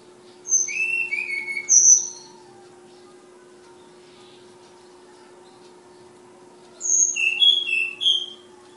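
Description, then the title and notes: Flowerpecker song: high thin whistles and squeaky notes in two separate phrases, with a long silent gap between them and a steady background hum. Tledekan, also called sulingan, named Ababil, from Kudus. "Tledekan/Sulingan ABABIL. Suara Burung Tledekan Ababil dari Kudus"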